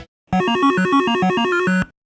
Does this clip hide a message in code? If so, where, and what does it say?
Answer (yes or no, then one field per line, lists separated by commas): no